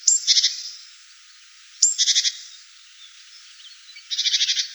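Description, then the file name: Marsh tit call: a sharp high note followed by a quick buzzy chatter of four or five notes, given twice, then a final buzzy run. "Gaichka chernogolovaja"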